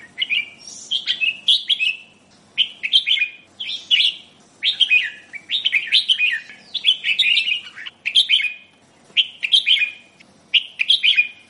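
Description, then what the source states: Sooty-headed bulbul song: short bubbly, liquid phrases of a few quick notes, repeated about once a second with brief pauses, over faint low background hum. Described as kutilang gacor, singing actively.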